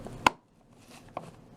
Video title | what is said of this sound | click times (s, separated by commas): GRACO 4EVER SEAT COVER REMOVAL | it pops you'll hear a pop | 0.3 s